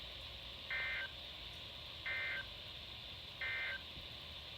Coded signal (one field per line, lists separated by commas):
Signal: Emergency Alert System (SAME) tones